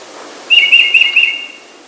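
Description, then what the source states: Tufted titmouse singing one brief phrase of about four quick whistled notes run together at a steady high pitch, lasting about a second. Played at the bird-song station of a nature center.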